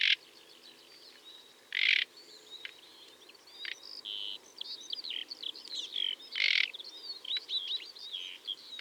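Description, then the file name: Common nightingale song mixing fast whistled notes, clicks and loud harsh bursts, phrases tumbling one after another with few gaps. "Luscinia megarhynchos"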